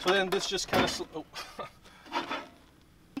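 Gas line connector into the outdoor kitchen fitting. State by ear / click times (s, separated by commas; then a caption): seated / 3.2 s. Someone talks while a gas line connector is slid into the outdoor kitchen fitting with a sliding, rubbing sound. A single sharp click at 3.2 s marks the connector locking in, and it is seated.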